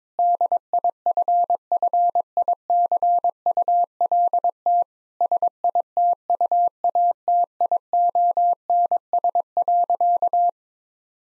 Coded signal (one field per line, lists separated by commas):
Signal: Morse code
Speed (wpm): 22 wpm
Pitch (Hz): 700 Hz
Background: none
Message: DIFFICULT SITUATIONS.